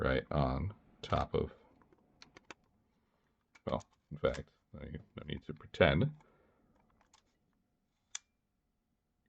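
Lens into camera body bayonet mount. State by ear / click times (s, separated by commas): seated / 8.1 s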